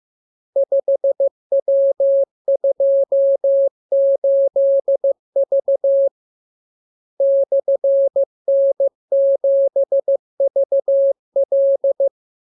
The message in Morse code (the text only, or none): 5W28V /N7VL